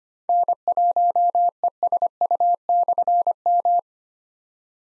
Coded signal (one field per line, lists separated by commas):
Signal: Morse code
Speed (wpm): 25 wpm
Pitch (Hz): 700 Hz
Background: none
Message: N1ESU/M